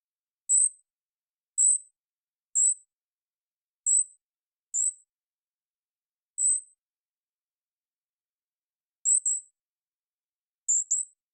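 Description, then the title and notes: Golden-crowned kinglet repeating very high, thin, wiry call notes at irregular intervals, some doubled, with no other sounds present. Calls; parabolic single-species recording in the Pacific Northwest, Washington, United States, processed for clarity with natural pace and rhythm kept. "BIRDSong Kinglets - GoldenCrowned Kinglet Calls. Golden-crowned Kinglet, Regulus satrapa, calls, parabolic single-species recording, processed for clarity, natural pace and rhythym maintained Recorded in the beautiful Pacific Northwest in Washington, Unister States"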